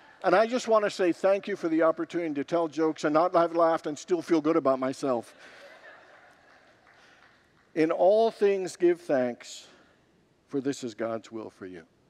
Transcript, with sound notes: And I just want to say, “Thank you” for the opportunity to tell jokes, and not have laughs, and still feel good about myself. [Congregants laugh] “In all things give thanks, for this is God’s will for you.”